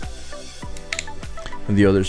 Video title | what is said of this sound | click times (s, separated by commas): Opening Birthday Gift - Veitorld Survival Kit | right there and then you close it up and then you snap it | 0.9 s, 1.0 s